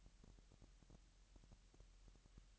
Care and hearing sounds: daily activity, microphone in the room; take from stove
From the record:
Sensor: 3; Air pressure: 1002.0 hPa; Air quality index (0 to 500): 249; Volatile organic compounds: 51 ppm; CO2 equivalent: 3314 ppm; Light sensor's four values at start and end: 7/15/6/6 and 7/15/6/6

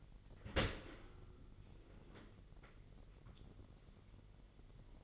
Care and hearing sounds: daily activity, microphone in the room; open dishwasher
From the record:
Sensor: 4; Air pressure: 999.1 hPa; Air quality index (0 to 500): 121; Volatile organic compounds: 2 ppm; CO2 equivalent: 1193 ppm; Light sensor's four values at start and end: 8/19/7/8 and 8/19/7/8

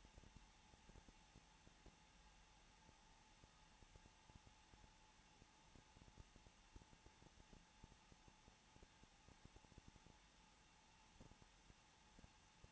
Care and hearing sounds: daily activity, microphone in the room; no activity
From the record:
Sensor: 1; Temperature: 20.2 degrees Celsius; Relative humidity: 35.7%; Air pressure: 994.5 hPa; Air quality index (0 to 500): 181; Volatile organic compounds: 7 ppm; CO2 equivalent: 1989 ppm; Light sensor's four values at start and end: 1/2/1/1 and 1/2/1/1

